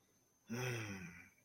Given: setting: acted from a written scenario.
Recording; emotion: vocal sound without words; contentment